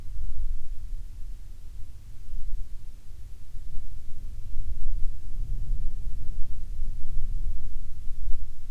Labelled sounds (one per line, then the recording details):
near silence
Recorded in the Prudhoe Bay oil fields, Alaska, on 7 August 2019 at 14:05
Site 17